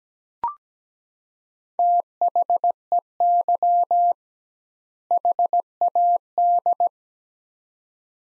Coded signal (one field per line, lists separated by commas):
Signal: Morse code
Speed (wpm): 17 wpm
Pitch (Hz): 700 Hz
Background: none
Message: THEY HAD